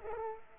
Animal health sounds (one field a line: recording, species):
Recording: mosquito wingbeat signal from an infrared sensor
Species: Culex pipiens